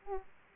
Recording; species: mosquito wingbeat signal from an infrared sensor; Aedes aegypti